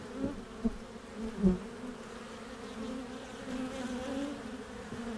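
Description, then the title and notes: Honey bee buzz: a constant droning hum with a few bees zooming past louder in the first two seconds. Honey bees at a backyard garden beehive entrance, recorded from above; warm spring day, Mission district, San Francisco, 2009; small microphones in the hive and pairs at the entrance. "Hive Entrance From Top. A warm spring day in the Mission district, San Francisco 2009"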